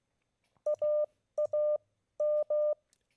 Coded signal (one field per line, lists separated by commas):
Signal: Morse code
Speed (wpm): 16 wpm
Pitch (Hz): 600 Hz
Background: none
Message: AAM